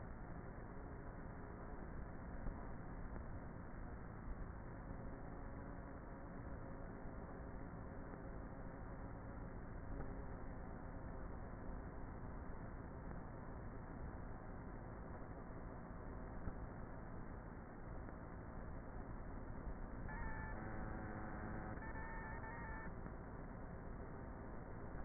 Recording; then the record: honeybee colony, microphone inside the hive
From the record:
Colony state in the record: queenless with a low population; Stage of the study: before two queens were removed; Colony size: about 30,000 bees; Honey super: no